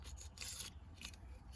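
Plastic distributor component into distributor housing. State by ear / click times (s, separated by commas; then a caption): not seated / none. The second plastic piece of a Ford Aerostar distributor ignition assembly is handled and pressed toward its position on the distributor housing, with broadband rubbing and scraping that peaks around 0.4–0.7 s and a brief sharp tick near 1.1 s over a steady low hum. Nothing has seated or snapped into place yet by the end of the clip.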